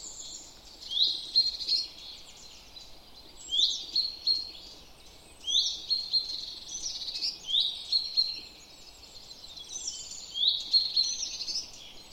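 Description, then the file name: Common chaffinch calling with quick, high chirps in loose, irregular clusters a few seconds apart, over constant soft background noise. "Fringilla coelebs"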